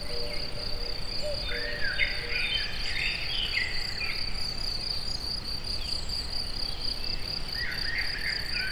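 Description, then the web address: Cricket giving a continuous high, finely pulsed trill, while birds sing short twittering phrases over low background noise. Recorded in nature at a forest edge near the Eger tourist house, amid assorted sounds. "tucsok. mindenfeleazerdoszelen egerturistahaz"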